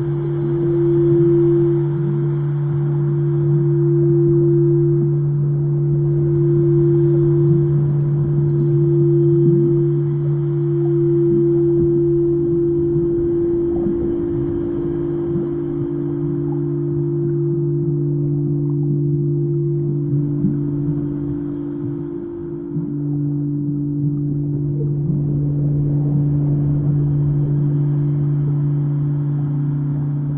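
Singing bowls hold two steady low tones throughout, with a gentle wavering pulse, over a soft constant rumble and faint hiss.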